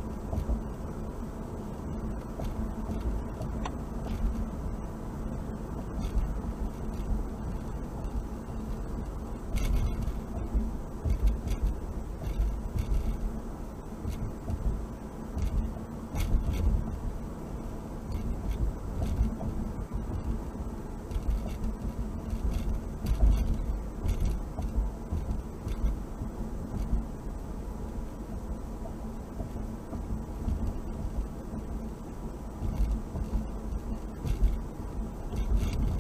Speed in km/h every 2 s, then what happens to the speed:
63, 64, 63, 61, 60, 60, 58, 61, 63, 61, 61, 61, 61, 61, 60, 60, 60, 60.
11-36 steady at about 61.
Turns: none.